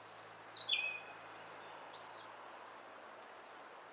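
Western red-legged thrush gives a loud, squeaky call sweeping down from very high pitch, followed by quieter high notes, over a steady insect drone.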